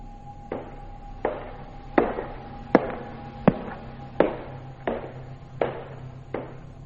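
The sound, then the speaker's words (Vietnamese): Slow, even footsteps on a wooden staircase in a large house full of wood, about nine hollow knocks in a steady rhythm, each trailing a brief echo, over a faint continuous hum with no voices. “Căn nhà vốn dĩ đã rộng, lại nhiều gỗ, cho nên tiếng vọng bước chân rõ lắm, từng bước một.”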